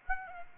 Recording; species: mosquito wingbeat signal from an infrared sensor; Aedes aegypti